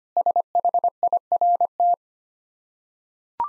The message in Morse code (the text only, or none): SHIRT